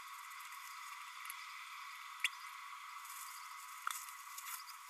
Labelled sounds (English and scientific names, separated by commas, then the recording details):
Green-rumped Parrotlet (Forpus passerinus) babbling
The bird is a male
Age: 30 days
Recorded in a nest box in Venezuela
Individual 17B32A6